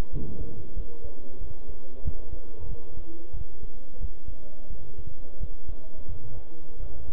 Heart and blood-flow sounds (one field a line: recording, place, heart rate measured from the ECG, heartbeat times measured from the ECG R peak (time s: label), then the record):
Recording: heart sounds by stethoscope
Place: between the tricuspid and mitral areas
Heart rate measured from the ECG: 90 bpm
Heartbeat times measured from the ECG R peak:
0.13 s: heartbeat
0.76 s: heartbeat
1.41 s: heartbeat
2.05 s: heartbeat
2.69 s: heartbeat
3.34 s: heartbeat
4.01 s: heartbeat
4.70 s: heartbeat
5.40 s: heartbeat
6.08 s: heartbeat
6.80 s: heartbeat
From the record:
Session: bicycle stress test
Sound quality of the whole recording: good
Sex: male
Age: 23 years